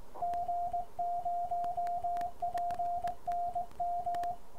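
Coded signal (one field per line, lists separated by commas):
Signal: Morse code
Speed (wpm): 19 wpm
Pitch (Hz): 690 Hz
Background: radio noise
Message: G0PNM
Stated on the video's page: Begali Spark straight key.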